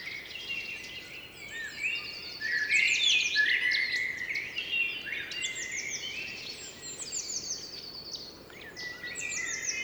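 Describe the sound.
Blackbird song, flowing fluty warbles early on, followed by high repeated chirps and trills.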